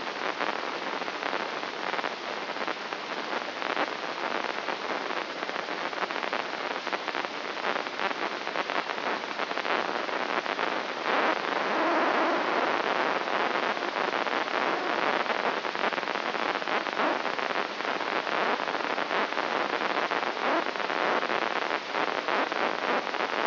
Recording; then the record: brain microelectrode recording played as sound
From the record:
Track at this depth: outside the subthalamic nucleus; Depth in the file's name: 8.428 mm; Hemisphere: left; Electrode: 3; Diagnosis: Parkinson's disease